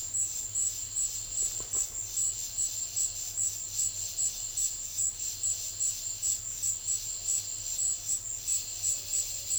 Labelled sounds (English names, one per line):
none